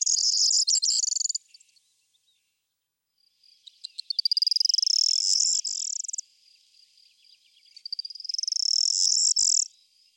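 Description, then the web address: Corn bunting singing three times, songs building from quick ticks into a bright, jingling rattle lasting up to about three seconds, with short pauses between. "Kornvarling"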